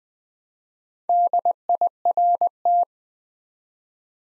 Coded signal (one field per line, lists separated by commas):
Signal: Morse code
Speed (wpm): 20 wpm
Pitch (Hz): 700 Hz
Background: none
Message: DIRT